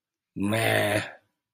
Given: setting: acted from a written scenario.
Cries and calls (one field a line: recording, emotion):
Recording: vocal sound without words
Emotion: disappointment